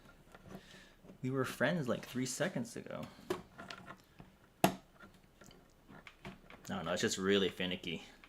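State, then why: Not seated. A PC component is being worked into a 3D-printed console case after several finicky, failed tries, to be bolted down next. Someone talks while faint handling taps and knocks come through, with one sharp knock near 4.6 seconds. Nothing has seated or clicked yet by the end of the clip.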